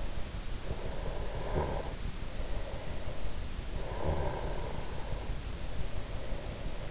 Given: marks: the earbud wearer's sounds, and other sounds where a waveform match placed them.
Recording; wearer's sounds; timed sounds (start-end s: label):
sounds in sleep by an in-ear microphone; breath
0.28-3.26 s: breath
3.60-6.86 s: breath